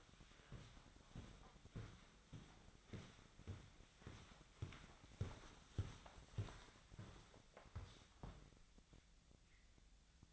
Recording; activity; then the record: daily activity, microphone in the room; walk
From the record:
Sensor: 3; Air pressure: 1009.3 hPa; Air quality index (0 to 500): 193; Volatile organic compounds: 4 ppm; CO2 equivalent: 1557 ppm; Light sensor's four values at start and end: 60/154/68/71 and 58/151/66/69